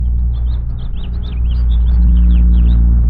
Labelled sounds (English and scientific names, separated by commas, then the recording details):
House Finch (Haemorhous mexicanus) song
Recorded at WGilgo Beach on Long Island, New York, on 22 May 1975
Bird F